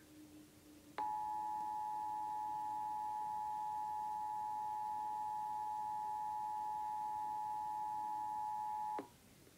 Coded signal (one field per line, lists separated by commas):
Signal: Emergency Alert System (SAME) tones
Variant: 853 and 960 Hz attention tone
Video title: Iowa Required Monthly Tests (EAS #35-36)